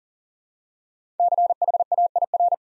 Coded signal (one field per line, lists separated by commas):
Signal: Morse code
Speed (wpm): 39 wpm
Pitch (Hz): 700 Hz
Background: none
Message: CHAIR